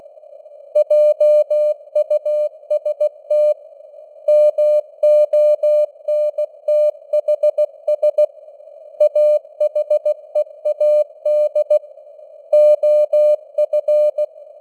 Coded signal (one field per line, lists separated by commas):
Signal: Morse code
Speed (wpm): 16 wpm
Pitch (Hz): 600 Hz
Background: none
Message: JUST MONTHS AHEAD OF